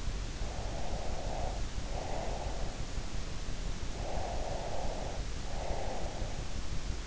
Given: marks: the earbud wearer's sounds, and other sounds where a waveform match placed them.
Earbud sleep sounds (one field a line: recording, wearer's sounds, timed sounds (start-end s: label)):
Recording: sounds in sleep by an in-ear microphone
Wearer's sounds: breath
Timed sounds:
0.43-2.88 s: breath
3.95-6.44 s: breath